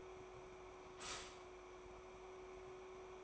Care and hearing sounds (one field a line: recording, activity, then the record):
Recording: daily activity, microphone in the room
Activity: stop toaster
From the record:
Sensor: 1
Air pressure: 1014.7 hPa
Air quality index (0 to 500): 201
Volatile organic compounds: 34 ppm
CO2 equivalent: 3041 ppm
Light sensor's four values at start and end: 3/8/3/3 and 3/8/3/3